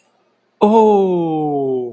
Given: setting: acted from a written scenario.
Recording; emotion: vocal sound without words; realization